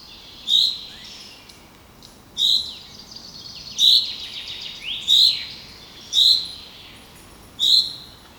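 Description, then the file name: Common chaffinch calls, a sharp high 'pink' note repeated about every one to two seconds, six times, against quiet background. "Fringilla coelebs"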